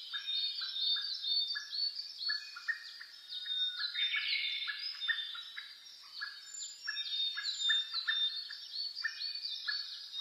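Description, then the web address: Many birds singing together, with quick high twitters layered over lower repeated chirped notes. Dawn chorus (reimei) of birdsong (saezuri), recorded on 10 May 2010 at 04:01 with a DH-D50 recorder. "sounds data 2010 reimei DH-D 50-saezuri-20100510-0401"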